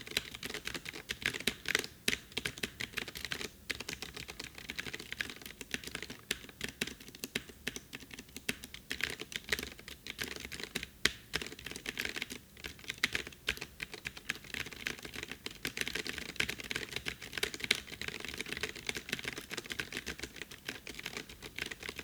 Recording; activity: daily activity, guitar pickup as the sensor; type